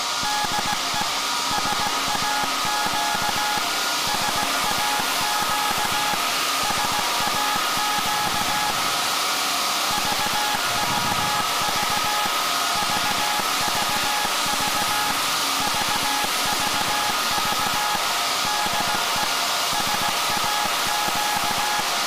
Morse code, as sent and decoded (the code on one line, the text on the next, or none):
-.. . / ... .- --.- / ... .- --.- / ... .- --.- / ...- ...- ...- / ...- ...- ...- / ...- ...- ...- / -.. . / ... .- --.-
DE SAQ SAQ SAQ VVV VVV VVV DE SAQ